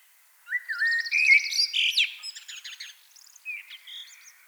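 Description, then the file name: Common blackbird song phrase: a low fluted whistle rising in steps, then a busy, squeaky high twitter trailing off into thin chips. "Turdus merula"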